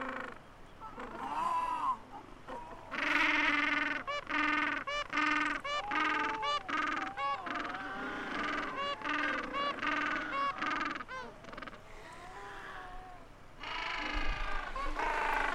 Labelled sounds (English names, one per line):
Gentoo Penguin call